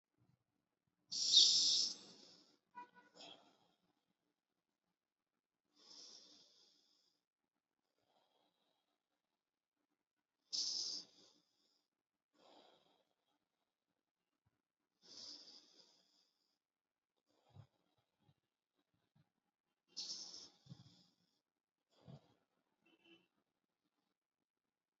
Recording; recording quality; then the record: deep breathing; excellent, no background noise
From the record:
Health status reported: exposed to COVID-19, no respiratory illness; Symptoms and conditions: cold, sore throat, fatigue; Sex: male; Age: 27 years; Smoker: not ticked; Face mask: not worn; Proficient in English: yes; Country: India